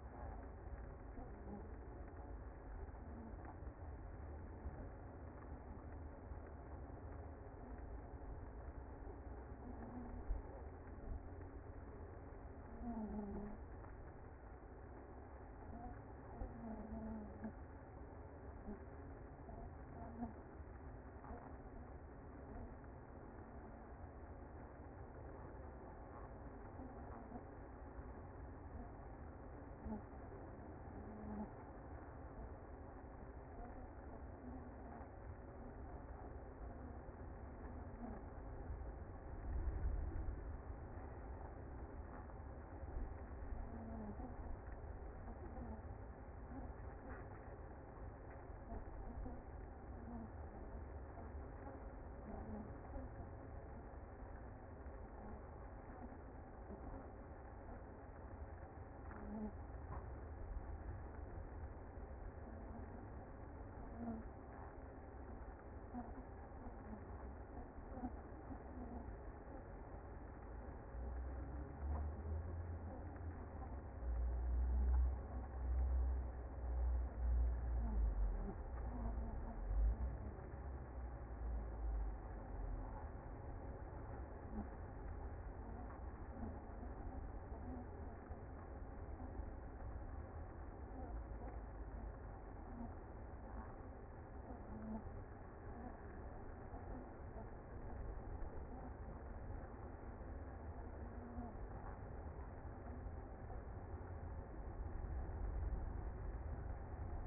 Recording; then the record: honeybee colony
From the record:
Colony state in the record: active